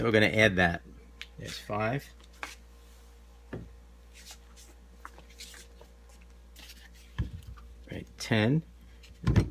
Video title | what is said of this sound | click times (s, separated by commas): Creased Comic? Try This Fix! | Kind of click into place. | 9.3 s, 9.4 s